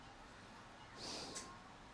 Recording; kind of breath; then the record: one breath in and out by a microphone near the nose and mouth; normal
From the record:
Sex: male